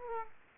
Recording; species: mosquito wingbeat signal from an infrared sensor; Aedes aegypti